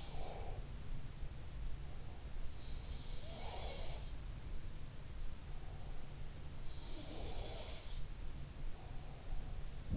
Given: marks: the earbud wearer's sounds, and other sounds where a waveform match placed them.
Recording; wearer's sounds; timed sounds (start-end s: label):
sounds in sleep by an in-ear microphone; breath
0.00-1.07 s: breath
3.21-3.99 s: sound from someone else or the room
6.85-7.89 s: sound from someone else or the room